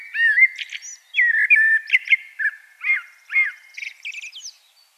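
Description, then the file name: Common blackbird pouring out a steady stream of fluted, warbled notes punctuated by short squeaky high twitters. "Turdus merula"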